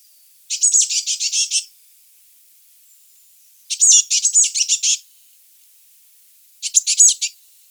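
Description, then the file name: Eurasian blue tit scolding: three dry, rattled bursts of rapid high notes, each roughly a second long, spaced about three seconds apart. "Cyanistes caeruleus"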